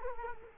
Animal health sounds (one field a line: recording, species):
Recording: mosquito wingbeat signal from an infrared sensor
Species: Culex quinquefasciatus